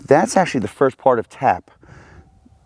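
A pistol magazine is handled at the pistol grip's magazine well, meant to be pushed in until the magazine catch clicks. Someone talks for the first 1.6 seconds, then only faint low rustling and a soft steady hum remain. The magazine has not seated and nothing has clicked yet.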